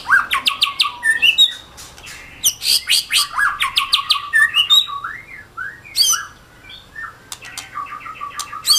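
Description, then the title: Oriental magpie-robin song, a rich medley of whistles, sharp clicks and chattering notes. "Kicau Kacer"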